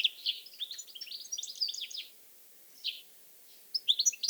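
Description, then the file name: European goldfinch song, rapid tinkling twitters for two seconds, a near-silent pause with a single faint note, then the twittering starts again. "Carduelis carduelis"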